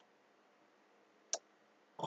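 A horizontal pivot rod is pushed into a sink drain body through the hole of the stopper until it clicks into place. A single sharp click sounds at 1.3 s over a quiet background, followed by a second, broader noise near the end at about 2.0 s. The rod is seated.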